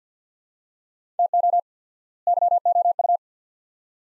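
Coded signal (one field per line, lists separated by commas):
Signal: Morse code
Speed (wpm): 50 wpm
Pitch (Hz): 700 Hz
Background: none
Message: TO YOU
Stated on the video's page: Morse practice drill of two-word sets at 50 wpm with 4x word spacing, a Farnsworth-like method applied to words.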